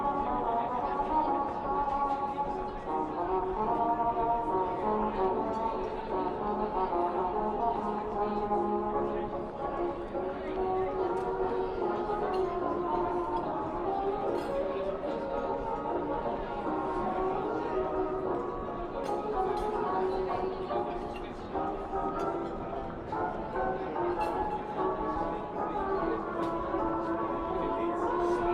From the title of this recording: Oldie music playing in a coffee shop (light talking)